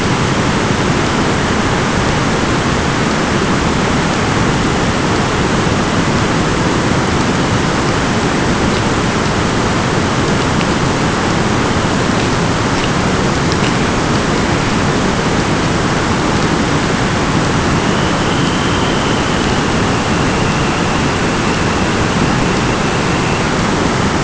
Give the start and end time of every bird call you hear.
[17.64, 23.57] Dunlin (2.2-3.6 kHz)

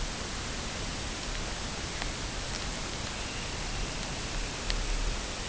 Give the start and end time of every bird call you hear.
[2.94, 5.26] Dunlin (1.8-3.5 kHz)

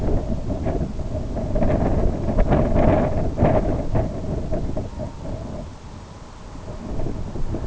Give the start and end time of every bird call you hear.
[4.83, 5.30] Red-throated Loon (0.6-1.4 kHz)

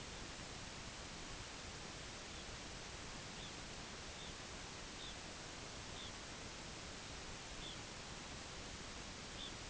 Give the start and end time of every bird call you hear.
[2.15, 2.54] Red Phalarope (2.9-4.3 kHz)
[3.23, 3.56] Red Phalarope (2.5-4.2 kHz)
[4.04, 4.39] Red Phalarope (3.0-4.2 kHz)
[4.87, 5.20] Red Phalarope (2.7-4.3 kHz)
[5.82, 6.17] Red Phalarope (2.8-4.3 kHz)
[7.50, 7.83] Red Phalarope (2.6-4.2 kHz)
[9.21, 9.59] Red Phalarope (2.6-4.3 kHz)

